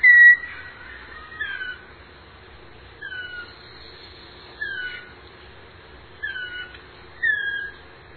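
Uirapuru-veado song, clear slurred whistled notes, each short phrase falling in pitch, repeated with pauses between.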